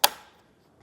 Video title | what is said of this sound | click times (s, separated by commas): etrailer - Setting Up Your Thule WingBar Edge Roof Rack Kit - 2020 Jeep Grand Cherokee | And then the end cap will just pop into the tower and click into place. | 0.0 s